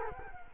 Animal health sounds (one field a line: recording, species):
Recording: mosquito wingbeat signal from an infrared sensor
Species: Culex quinquefasciatus